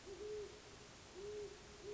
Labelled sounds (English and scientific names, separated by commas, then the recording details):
Great Horned Owl (Bubo virginianus)
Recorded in Sonoma County, California